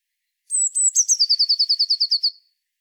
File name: Cyanistes caeruleus